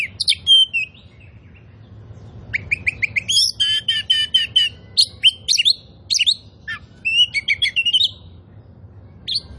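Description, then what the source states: Oriental magpie-robin with energetic song: repeated trilled notes, a harsh buzzy burst, and slurred whistles in quick succession over a soft low hum. Oriental magpie-robin of the kind called 'kacer poci' in Indonesian, described as 'gacor', singing actively and persistently.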